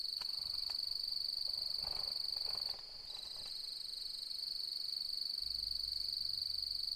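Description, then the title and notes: Cricket song, a continuous high, rapid, pulsing trill that drops briefly near the middle and then resumes, with a soft low rumble toward the end. Nocturnal cricket song beginning at dusk as light fades and the full moon rises, fluctuating; arid Mallee woodland, Mungo National Park, NSW, Australian outback; autumn, 4 May 2015. "Autumnal Dusk At Mungo National Park, NSW, Australia. As the light fades and the full moon rises.. the nocturnal cricket song begins and fluctuates. Recorded on the 4th of May, 2015 in the outback"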